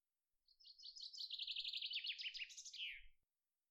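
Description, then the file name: Common chaffinch song: a bright series of trilled phrases over about three seconds, ending in a quick downward flourish. "Fringilla coelebs"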